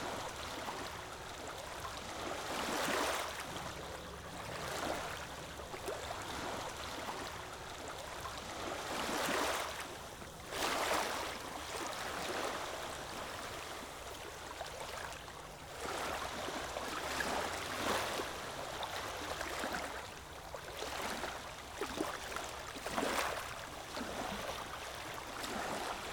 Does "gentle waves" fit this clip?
yes